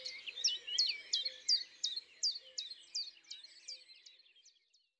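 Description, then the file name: Common chiffchaff song: about a dozen clear, sharp notes seesawing between two pitches at a quick steady pace, fading out toward the end. "Pouillot veloce ABC des chants doiseaux"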